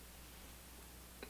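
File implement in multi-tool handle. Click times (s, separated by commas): 1.2 s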